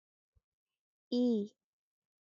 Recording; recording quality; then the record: sustained vowel as in beet; excellent, no background noise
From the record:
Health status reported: respiratory illness, not identified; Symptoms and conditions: none ticked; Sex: female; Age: 24 years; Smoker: not ticked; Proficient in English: yes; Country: India